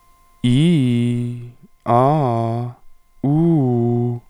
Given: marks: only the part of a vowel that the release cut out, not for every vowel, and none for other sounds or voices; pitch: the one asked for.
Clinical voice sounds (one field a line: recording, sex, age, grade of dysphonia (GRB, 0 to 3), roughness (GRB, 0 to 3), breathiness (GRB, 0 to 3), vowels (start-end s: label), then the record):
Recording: sustained vowels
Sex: male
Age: 30 to 39 years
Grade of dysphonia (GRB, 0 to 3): 1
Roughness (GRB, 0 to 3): 1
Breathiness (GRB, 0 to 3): 1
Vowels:
0.47-1.20 s: vowel /i/, low-high-low pitch
1.90-2.57 s: vowel /a/, low-high-low pitch
3.26-4.07 s: vowel /u/, low-high-low pitch
From the record:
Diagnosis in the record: intubation granuloma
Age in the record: 38 years